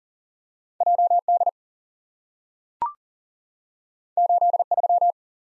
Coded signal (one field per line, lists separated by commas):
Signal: Morse code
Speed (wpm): 40 wpm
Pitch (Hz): 700 Hz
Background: none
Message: J D 8 3